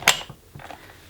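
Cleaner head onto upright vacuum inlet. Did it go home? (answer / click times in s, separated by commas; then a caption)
yes / 0.1 s. A plastic cleaner head is slid onto the inlet of an upright Dyson Light Ball vacuum cleaner and clicks into place at 0.1 s with a sharp, bright snap. Fainter plastic knocks and rattles follow, and the head is seated.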